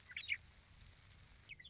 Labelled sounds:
Western Meadowlark
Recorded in Sonoma County, California

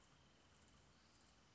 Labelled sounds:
Wrentit
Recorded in Sonoma County, California

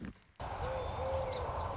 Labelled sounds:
Song Sparrow
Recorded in Sonoma County, California

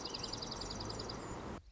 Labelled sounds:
Dark-eyed Junco
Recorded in Sonoma County, California

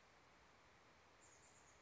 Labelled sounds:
Chestnut-backed Chickadee
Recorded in Sonoma County, California

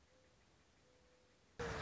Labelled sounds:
Mourning Dove
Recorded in Sonoma County, California

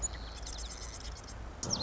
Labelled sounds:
Marsh Wren
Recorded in Sonoma County, California

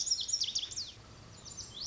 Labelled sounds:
Lazuli Bunting
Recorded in Sonoma County, California

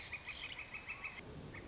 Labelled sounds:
Northern Flicker
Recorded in Sonoma County, California

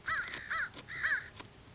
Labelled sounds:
American Crow
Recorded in Sonoma County, California

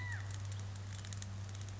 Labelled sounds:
California Quail
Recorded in Sonoma County, California

